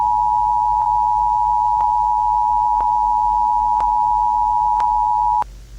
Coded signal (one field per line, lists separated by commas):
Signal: Emergency Alert System (SAME) tones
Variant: 853 and 960 Hz attention tone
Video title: |EAS Scenario Godzilla Attack| Godzilla EAS Scenario video one.